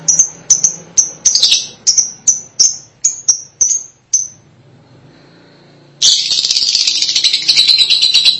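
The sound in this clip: Lovebird calls: a run of sharp, high chirps, a pause, then a dense burst of loud shrill chattering.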